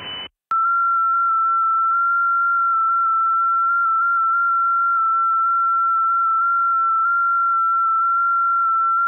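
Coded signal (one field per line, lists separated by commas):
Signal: FT8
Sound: brief hiss burst, then one steady warbling tone with slight pitch steps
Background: brief noise burst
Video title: Decent Conditions Across Both Ponds On 20m FT8...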